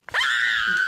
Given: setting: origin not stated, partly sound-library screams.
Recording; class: one-second piece from a danger detection set; woman in danger